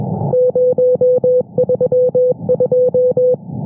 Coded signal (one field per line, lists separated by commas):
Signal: Morse code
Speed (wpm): 22 wpm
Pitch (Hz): 500 Hz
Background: music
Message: 032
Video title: Intrusión diaria en 15 metros: 21,438 kHz CW, QTCs de "RCV"